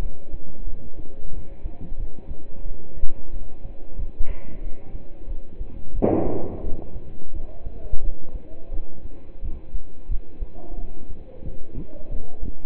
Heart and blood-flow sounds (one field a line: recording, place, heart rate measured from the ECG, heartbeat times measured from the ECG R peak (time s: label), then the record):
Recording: heart sounds by stethoscope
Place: between the tricuspid and mitral areas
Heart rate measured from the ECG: 89 bpm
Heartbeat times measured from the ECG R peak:
0.02 s: heartbeat
0.67 s: heartbeat
1.33 s: heartbeat
1.99 s: heartbeat
2.65 s: heartbeat
3.33 s: heartbeat
3.99 s: heartbeat
4.63 s: heartbeat
5.29 s: heartbeat
5.95 s: heartbeat
6.64 s: heartbeat
7.35 s: heartbeat
8.04 s: heartbeat
8.73 s: heartbeat
9.44 s: heartbeat
10.11 s: heartbeat
10.78 s: heartbeat
11.46 s: heartbeat
12.11 s: heartbeat
From the record:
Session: pedaling a stationary bicycle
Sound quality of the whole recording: partially saturated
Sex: male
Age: 27 years